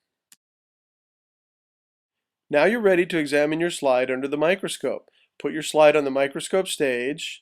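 A glass microscope slide is being placed on the microscope stage to go into the metal slide holder of the mechanical stage, but nothing has seated or clicked yet. After a brief faint sound at 0.3 s and near silence, someone talks from about 2.5 s to the end.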